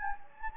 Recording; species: mosquito wingbeat signal from an infrared sensor; Anopheles gambiae